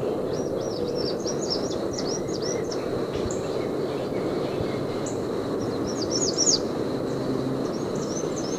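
American redstart calling with sharp, high, down-slurred notes in a quick series early on and again near the end, against constant low roaring noise.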